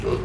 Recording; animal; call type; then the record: contact call of a hoofed animal; pig; closed-mouth grunt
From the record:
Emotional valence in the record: positive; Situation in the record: food and toys in familiar pen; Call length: 0.25 s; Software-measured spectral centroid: 2100 Hz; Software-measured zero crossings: 1050 a second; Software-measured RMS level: -24 dBFS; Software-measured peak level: -11 dBFS